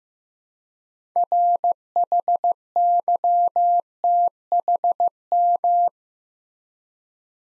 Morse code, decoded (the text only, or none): RHYTHM